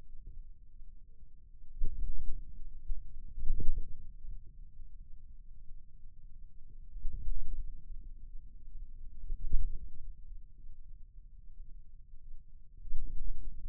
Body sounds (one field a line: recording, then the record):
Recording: forearm muscle sounds (acoustic myography)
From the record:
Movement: wrist flexion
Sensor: system 2, bracelet of six BSWA MPA416 microphones around the upper forearm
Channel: 1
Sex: male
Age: 22 years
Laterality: right